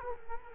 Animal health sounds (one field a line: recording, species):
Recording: mosquito wingbeat signal from an infrared sensor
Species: Culex quinquefasciatus